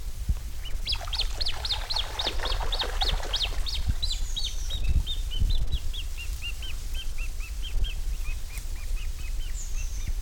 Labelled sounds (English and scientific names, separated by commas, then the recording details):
Great Crested Grebe (Podiceps cristatus) call
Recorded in the wild
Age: juvenile
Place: Schluft, Schorfheide, Brandenburg, DE
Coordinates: 52.95, 13.45
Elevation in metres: 71
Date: 1996-08-04 12:50
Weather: wolkig, 14-17°C
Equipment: Sony MD-WM MZ-R3, Sennheiser ME 80, Kopie Uher 4000 Report Monitor
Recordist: Tembrock, Günter